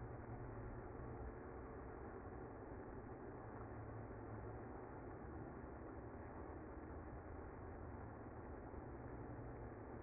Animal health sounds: honeybee colony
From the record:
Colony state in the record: active

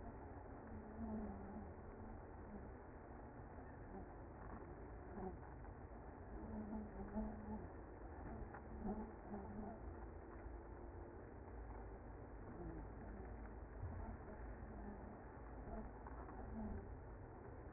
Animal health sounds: honeybee colony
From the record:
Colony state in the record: active

